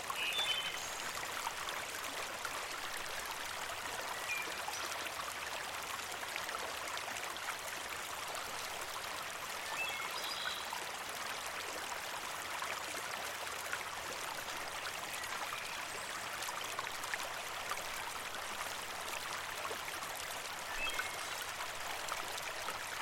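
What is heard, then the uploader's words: A nearby stream flows steadily, its water making a dense, bright rush with a fine trickling texture throughout. The level stays even for the whole stretch, with small splashes and gurgles flickering in the upper range but no distinct events standing out. The flow of a nearby stream.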